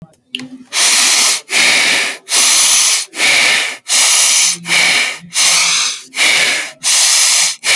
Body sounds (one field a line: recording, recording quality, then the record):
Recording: shallow breathing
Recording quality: excellent, no background noise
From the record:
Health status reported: healthy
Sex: male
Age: 27 years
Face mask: not worn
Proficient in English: no